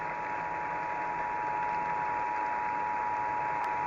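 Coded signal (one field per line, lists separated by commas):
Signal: Emergency Alert System (SAME) tones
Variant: 853 and 960 Hz attention tone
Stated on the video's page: Fictional post-apocalyptic radio broadcast with simulated EAS tones and radio static.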